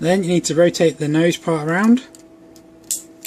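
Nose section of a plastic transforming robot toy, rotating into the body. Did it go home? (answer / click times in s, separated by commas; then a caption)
yes / 2.9 s. Someone talks while the nose section of a plastic Transformers Prime Deluxe Starscream First Edition transforming robot toy is rotated around into the body. After the talking stops, there is a faint tick, then one sharp click at 2.9 s as the nose snaps and seats into place. A faint tick follows at the very end.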